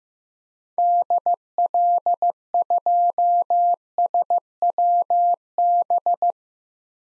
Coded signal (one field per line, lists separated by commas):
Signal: Morse code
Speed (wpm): 15 wpm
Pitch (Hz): 700 Hz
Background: none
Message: DL2SWB